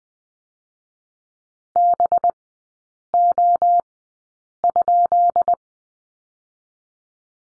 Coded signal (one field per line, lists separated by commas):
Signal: Morse code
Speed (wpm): 20 wpm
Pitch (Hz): 700 Hz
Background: none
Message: BO?